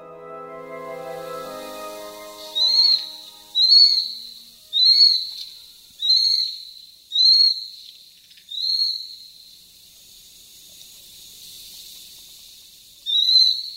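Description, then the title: Ural Owl juvenile giving hoarse, hissing high calls, each rising then falling, repeated about once a second, then a pause before one more, after a brief low tonal sound at the start. "朝の小鳥. フクロウの幼鳥"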